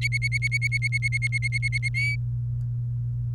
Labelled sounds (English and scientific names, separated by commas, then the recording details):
Domestic Canary (Serinus canaria) song
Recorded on 28 April 2018 at 08:58
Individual llb3